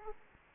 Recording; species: mosquito wingbeat signal from an infrared sensor; Aedes aegypti